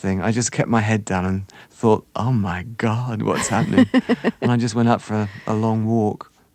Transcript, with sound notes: I just kept my head down and thought, oh, my God, what's happening?
(Laughter).
And I just went out for a long walk.